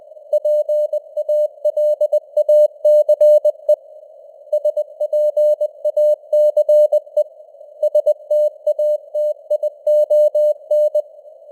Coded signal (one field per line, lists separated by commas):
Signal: Morse code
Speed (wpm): 20 wpm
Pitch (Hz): 600 Hz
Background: none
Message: PALACE SPACE STATION